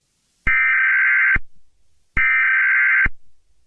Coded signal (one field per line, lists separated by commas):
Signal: Emergency Alert System (SAME) tones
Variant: header bursts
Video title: October 4th Emergency Alert EAS “test”. What to know.